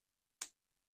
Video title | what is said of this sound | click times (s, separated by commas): Diplomat Viper (Left Handed Review) | I'll try to get the sound of that so you can hear that click. It pulls it from my hand. | 0.4 s